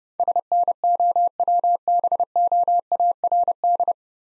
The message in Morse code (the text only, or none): SNOWBOARD